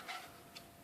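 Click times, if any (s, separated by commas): none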